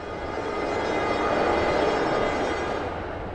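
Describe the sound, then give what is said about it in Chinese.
A train rolls slowly into Changchun station, the end of its line, its steady low rumble and broad mechanical noise swelling slightly in the middle before easing off. No voices are heard. “火车缓缓停靠在终点站长春，提醒旅客下车的广播响起。”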